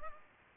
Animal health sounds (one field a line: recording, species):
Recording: mosquito wingbeat signal from an infrared sensor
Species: Culex pipiens